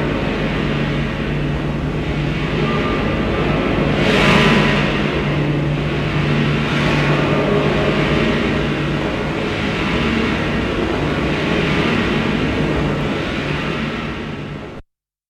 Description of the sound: Tinnitus.